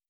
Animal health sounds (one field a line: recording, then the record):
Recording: hydrophone in a shrimp aquaculture tank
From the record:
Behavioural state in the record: stressed